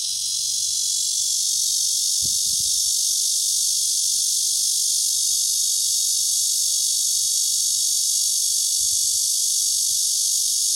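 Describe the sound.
Cicada song, an intense high shrill buzz sustained without a break throughout, with a few soft low knocks in the background.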